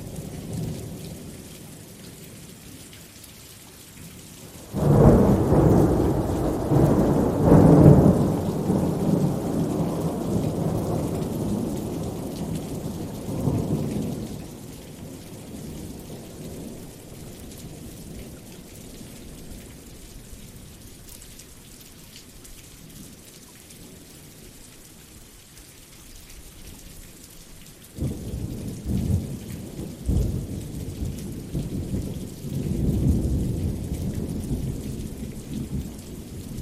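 Steady rain hisses throughout, a dense, even patter. Thunder rolls in deep and loud at about five seconds, rumbling on until around fourteen seconds, then fades. A second low rumble breaks in near twenty-eight seconds and grumbles to the end.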